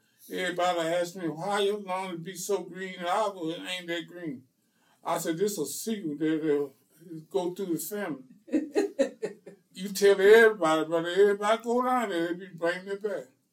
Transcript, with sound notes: Everybody ask me why your lawn be so green and ours it ain't that green. I said this a secret that go through the family. [laughter] You tell everybody, but everybody go down there, they’ll be bringing it back